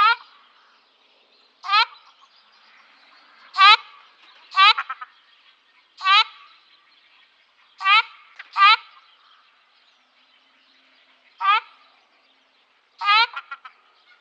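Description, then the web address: Ruddy shelduck giving short nasal calls, spaced irregularly about one to three seconds apart against a quiet background. "Ruddy Shelduck"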